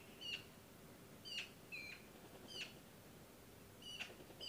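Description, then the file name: Eurasian magpie giving several short, bright, squeaky notes at irregular intervals against low steady background hiss. "Pica pica"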